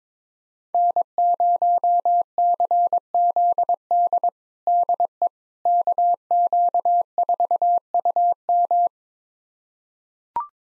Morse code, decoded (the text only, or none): N0CZD DE KQ4UM